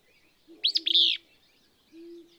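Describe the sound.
Willow Flycatcher gives a single sneezy, buzzy phrase of snappy downslurred notes, with low, even hooting tones beneath it and again after it.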